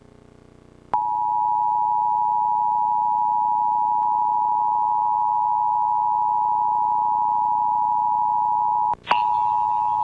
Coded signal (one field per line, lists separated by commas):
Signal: Emergency Alert System (SAME) tones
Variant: 853 and 960 Hz attention tone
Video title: Required Monthly Test (EAS #481)